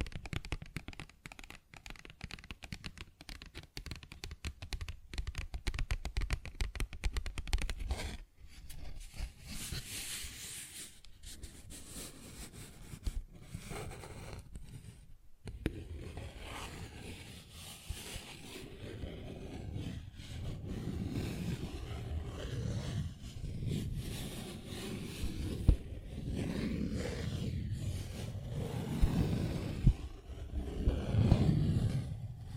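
Paper bag tapped and scratched in quick irregular bursts, dry crinkly scrapes and soft thuds, growing denser and rougher toward the end.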